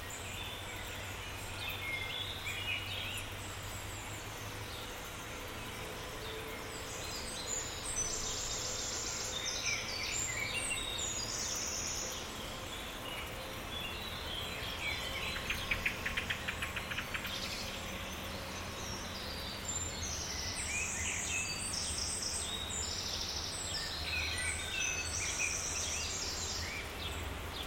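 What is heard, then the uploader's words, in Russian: Outdoor sounds of nature mixed with human activity: a steady low rumble like traffic runs underneath throughout. High bird chirps and insect-like buzzing come in bright bursts from about seven seconds on, with a cluster of quick clicks around sixteen seconds. 3D саундскейп передаёт атмосферу майского утра г. Звуки природы гармонично переплетены с движением цивилизации.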